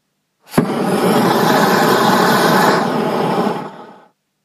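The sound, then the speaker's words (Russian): A flamethrower firing a wave of hot plasma inside a train station bursts in with a sharp crack, then roars as a loud, steady rushing whoosh for about three seconds before tapering off. No voices. “Раздался громкий гул, и волна раскаленной плазмы захлестнула наступающих забойщиков.”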